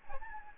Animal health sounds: mosquito wingbeat signal from an infrared sensor; Aedes albopictus

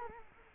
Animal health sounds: mosquito wingbeat signal from an infrared sensor; Culex quinquefasciatus

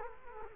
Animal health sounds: mosquito wingbeat signal from an infrared sensor; Culex quinquefasciatus

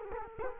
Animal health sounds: mosquito wingbeat signal from an infrared sensor; Culex quinquefasciatus

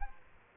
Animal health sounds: mosquito wingbeat signal from an infrared sensor; Aedes aegypti

